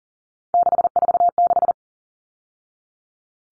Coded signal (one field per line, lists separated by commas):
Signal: Morse code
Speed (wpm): 40 wpm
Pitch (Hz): 700 Hz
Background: none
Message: 646